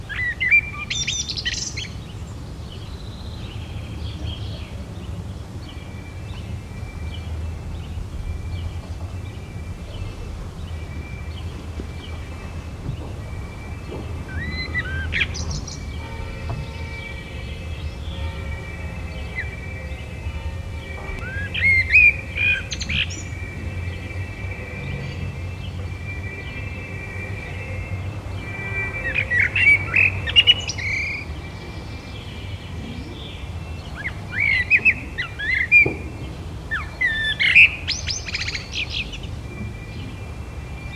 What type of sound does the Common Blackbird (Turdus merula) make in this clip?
song